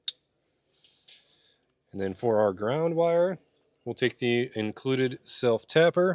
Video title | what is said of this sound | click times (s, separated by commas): etrailer - Installing the Curt T-Connector Vehicle Wiring Harness on a 2024 Subaru Ascent | Push it in till it clicks. | 0.1 s